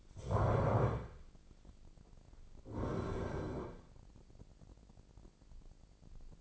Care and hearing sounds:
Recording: daily activity, microphone in the room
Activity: stand up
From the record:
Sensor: 5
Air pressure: 1009.3 hPa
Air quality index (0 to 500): 154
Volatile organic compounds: 2 ppm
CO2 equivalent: 1188 ppm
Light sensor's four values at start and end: 230/552/234/253 and 230/552/233/253

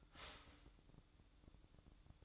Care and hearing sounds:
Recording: daily activity, microphone in the room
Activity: start toaster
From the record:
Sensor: 3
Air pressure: 1007.0 hPa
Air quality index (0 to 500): 53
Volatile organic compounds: 1 ppm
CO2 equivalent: 588 ppm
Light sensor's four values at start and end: 8/19/8/8 and 8/19/8/8

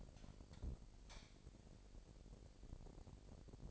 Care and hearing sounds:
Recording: daily activity, microphone in the room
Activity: light on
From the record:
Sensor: 5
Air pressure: 1012.1 hPa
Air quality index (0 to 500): 249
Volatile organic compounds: 4 ppm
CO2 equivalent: 1670 ppm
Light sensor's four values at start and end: 38/88/37/39 and 39/92/38/40

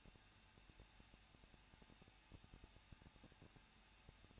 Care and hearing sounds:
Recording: daily activity, microphone in the room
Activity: no activity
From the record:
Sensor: 2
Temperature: 21.0 degrees Celsius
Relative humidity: 37.5%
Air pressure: 1006.3 hPa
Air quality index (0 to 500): 223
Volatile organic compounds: 25 ppm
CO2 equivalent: 2835 ppm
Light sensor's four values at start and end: 2/3/2/2 and 2/3/2/2

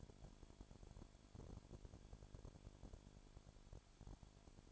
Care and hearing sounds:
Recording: daily activity, microphone in the room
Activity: no activity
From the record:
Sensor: 5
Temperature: 20.2 degrees Celsius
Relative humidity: 36.5%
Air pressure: 1001.2 hPa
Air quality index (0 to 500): 177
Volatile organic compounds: 4 ppm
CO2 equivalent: 1609 ppm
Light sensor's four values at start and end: 2/3/1/1 and 2/3/1/1

